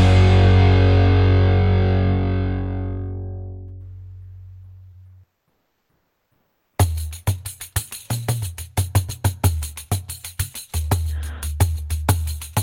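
A band song ends on a loud distorted guitar chord that rings out and fades to silence, then another song starts, with choppy, driving strums and steady percussive hits. No voices.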